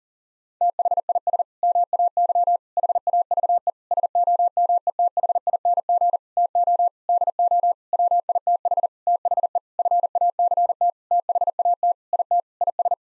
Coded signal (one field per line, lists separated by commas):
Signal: Morse code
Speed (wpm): 40 wpm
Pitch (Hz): 700 Hz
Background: none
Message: THIS MAY HAVE SOMETHING TO DO WITH THE FACT THAT IT IS